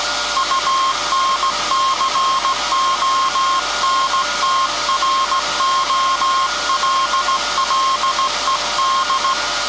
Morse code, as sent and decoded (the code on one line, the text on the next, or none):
..- -. -.-. --- -. - .-. --- .-.. .-.. . -..
UNCONTROLLED